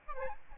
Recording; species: mosquito wingbeat signal from an infrared sensor; Aedes albopictus